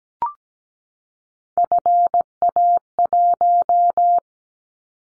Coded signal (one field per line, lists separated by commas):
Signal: Morse code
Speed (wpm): 17 wpm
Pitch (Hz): 700 Hz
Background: none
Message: FA1